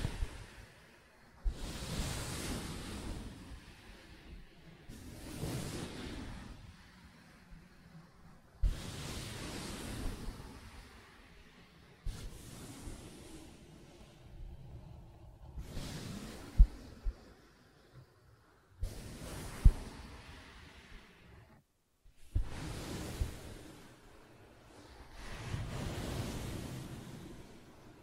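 Fingers scratch and rub across a soft fabric surface in repeated swishing strokes, each lasting a few seconds with short pauses between them. The hissy, airy scraping comes in about eight bursts, some starting with a light tap or click, over a quiet background.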